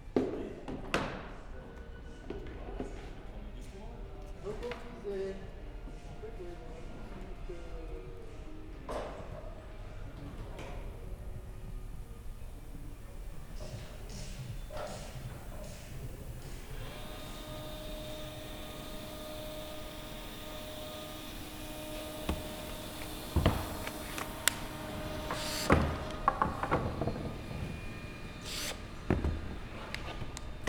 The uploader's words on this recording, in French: Ateliers de construction. Sons d'ateliers (ambiance sonore utilisée sur le spectacle en multipiste).